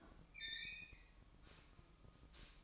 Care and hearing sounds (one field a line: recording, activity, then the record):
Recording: daily activity, microphone in the room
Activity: open fridge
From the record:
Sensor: 1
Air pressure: 1007.8 hPa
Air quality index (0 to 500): 95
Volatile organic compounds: 1 ppm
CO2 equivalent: 810 ppm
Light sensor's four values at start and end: 13/32/13/15 and 13/32/13/15